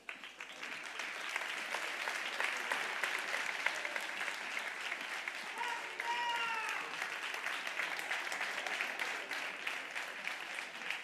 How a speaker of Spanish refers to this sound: Como se ve la familia aplaudiendo y a tope, ¿eh? Ahora se notan los aplausos.